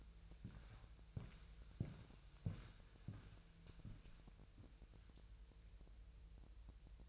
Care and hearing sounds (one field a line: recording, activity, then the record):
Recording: daily activity, microphone in the room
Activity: walk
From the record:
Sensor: 2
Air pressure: 1001.9 hPa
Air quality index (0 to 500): 229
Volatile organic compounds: 57 ppm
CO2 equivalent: 3378 ppm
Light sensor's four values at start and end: 7/16/6/7 and 7/16/6/7